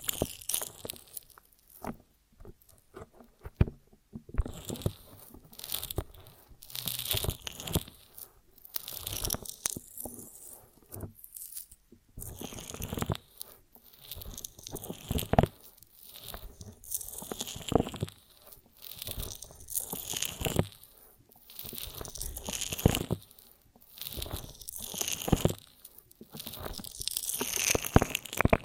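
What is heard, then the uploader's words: Honeycomb on a branch being bitten and chewed, with wet, sticky crunching and tearing sounds. Bursts of bright crackle come in irregular clusters every second or two, separated by brief quiet gaps, with a short pause around eleven seconds. ASMR of a Honeycomb on Branch (No Talking).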